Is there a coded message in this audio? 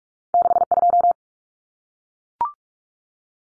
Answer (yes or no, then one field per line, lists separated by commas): yes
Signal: Morse code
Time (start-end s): 0.3-1.1 s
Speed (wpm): 44 wpm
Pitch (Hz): 700 Hz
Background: none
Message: 62